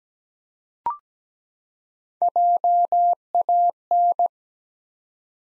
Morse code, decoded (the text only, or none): JAN